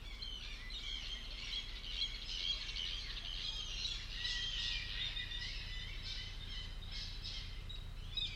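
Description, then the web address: Bird calls: dense high chirping and thin whistles, with no low notes, over a pulsing low hum. "cianscape birddata Deverinetal 2025 File origin Bird Only"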